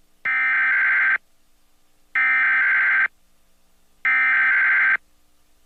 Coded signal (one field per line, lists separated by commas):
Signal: Emergency Alert System (SAME) tones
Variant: header bursts